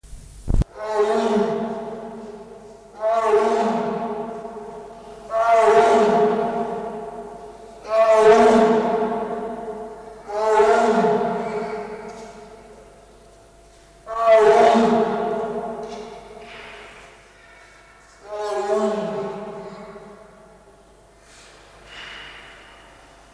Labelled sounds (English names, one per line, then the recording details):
Tiger call
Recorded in captivity
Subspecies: corbetti
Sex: female
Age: adult
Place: Tierpark Berlin, Berlin, DE
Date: 1999-07-31 14:21
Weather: fair, 26°C
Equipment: Sony WM-D6C, Sennheiser ME 80, Kopie Uher 4000 Report Monitor
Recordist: Tembrock, Günter